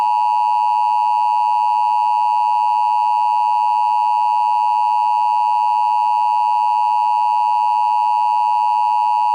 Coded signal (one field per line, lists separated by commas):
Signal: Emergency Alert System (SAME) tones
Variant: 853 and 960 Hz attention tone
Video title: EAS Scenario 8: Jax's Rampage